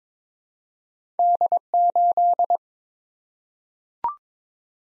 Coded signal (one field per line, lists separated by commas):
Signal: Morse code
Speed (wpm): 22 wpm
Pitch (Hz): 700 Hz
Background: none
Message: D8